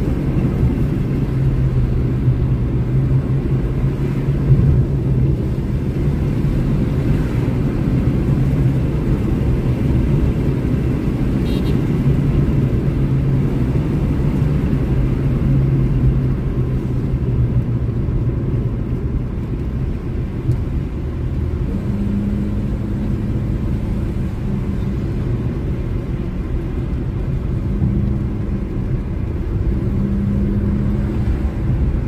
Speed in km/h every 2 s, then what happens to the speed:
97, 103, 109, 113, 118, 119, 113, 106, 90, 73, 71, 78, 76, 74, 80, 86.
0-10 speeds up to 119. 10-19 brakes to 71. 26-32 speeds up to 86.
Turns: none.